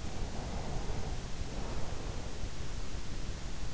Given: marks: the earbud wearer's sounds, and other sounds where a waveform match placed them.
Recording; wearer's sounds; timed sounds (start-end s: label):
sounds in sleep by an in-ear microphone; breath
0.05-2.34 s: breath